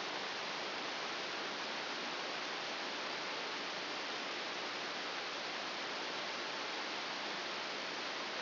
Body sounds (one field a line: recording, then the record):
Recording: brain microelectrode recording played as sound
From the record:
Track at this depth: inside the subthalamic nucleus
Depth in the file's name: 4.801 mm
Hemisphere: right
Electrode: 2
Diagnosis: Parkinson's disease